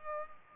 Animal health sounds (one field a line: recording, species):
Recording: mosquito wingbeat signal from an infrared sensor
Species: Culex pipiens